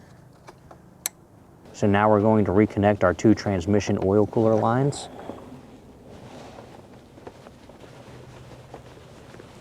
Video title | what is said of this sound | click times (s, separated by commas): How to Replace a Cracked Radiator: A Guide for High Mileage Cars | push them in until you hear a a satisfying click | 1.1 s